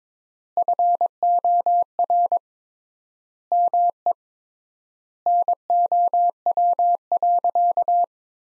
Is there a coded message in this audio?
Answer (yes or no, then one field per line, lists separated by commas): yes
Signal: Morse code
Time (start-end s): 0.6-8.0 s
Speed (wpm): 22 wpm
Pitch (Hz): 700 Hz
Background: none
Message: FOR ME NOW.